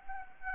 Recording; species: mosquito wingbeat signal from an infrared sensor; Anopheles arabiensis